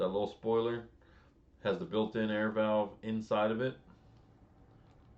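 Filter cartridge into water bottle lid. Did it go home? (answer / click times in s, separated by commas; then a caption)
no / none. A plastic filter cartridge is being fitted into a new water bottle lid that has a built-in air valve, while someone talks over the handling. Nothing has seated or clicked yet; the clip ends just before the cartridge locks into the lid.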